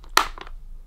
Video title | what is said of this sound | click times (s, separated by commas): How to Clean Main Rotating Brush on Shark Vacuum - Beginners guide | the lock symbol, and you will hear it click, and | 0.2 s